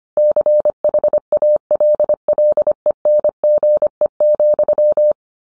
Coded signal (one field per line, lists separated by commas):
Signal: Morse code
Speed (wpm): 25 wpm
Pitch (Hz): 600 Hz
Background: none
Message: CHALLENGE,